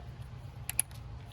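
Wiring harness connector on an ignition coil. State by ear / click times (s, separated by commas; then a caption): released / 0.7 s, 0.8 s. Pressing the locking tabs on the plastic electrical connector of a wiring harness on an ignition coil of a 2009 Honda Civic LX, to unclip it before removing the coils, gives two sharp little snaps at 0.7 s and 0.8 s. The connector clip snaps open and is released.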